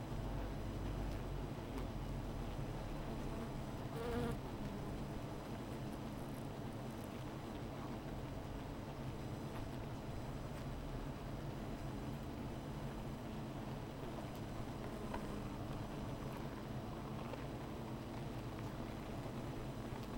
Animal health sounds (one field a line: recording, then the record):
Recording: honeybee colony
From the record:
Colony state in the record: missing queen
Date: 14 July 2017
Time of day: 15:55